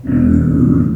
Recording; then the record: squeal of a Yucatan mini pig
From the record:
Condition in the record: after surgery on the right vocal fold (resection and tissue-engineered implant); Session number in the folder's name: 6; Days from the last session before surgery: 40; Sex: female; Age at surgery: 19 weeks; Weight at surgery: 25 kg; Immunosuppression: prednisolone